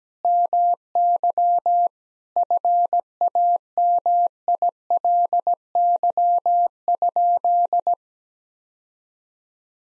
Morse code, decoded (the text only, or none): MY FAMILY?